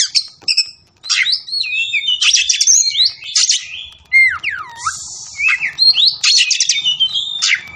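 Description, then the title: Oriental magpie-robin song, a rich string of loud whistles, looping downslurs and buzzy chattering bursts with barely a pause. Kacer fighting song, styled ngotot full tembakan, meant to make a kacer fight. "Kacer Langsung Tarung Konslet KACER NGOTOT FULL TEMBAKAN"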